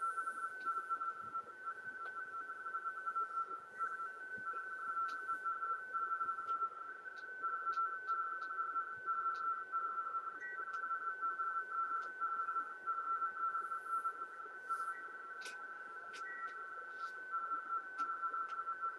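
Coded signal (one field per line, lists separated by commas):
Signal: RTTY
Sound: steady warbling two-tone teleprinter chatter, rapidly alternating between two close pitches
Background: radio static, faint clicks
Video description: a screen capture of the free Airlink Express software decoding a RTTY (Radio Teletype) transmission on 40 meters. The message is a bulletin from the ARRL headquarters W1AW.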